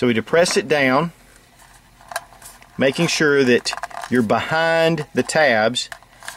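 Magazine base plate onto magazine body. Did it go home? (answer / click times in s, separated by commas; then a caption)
no / none. Someone talks while a floor plate with its spring is pressed down behind the retaining tabs of a GI surplus magazine body, with a few faint handling ticks around 2.1–2.6 seconds. The base plate has not yet been slid forward, and nothing has seated or clicked yet.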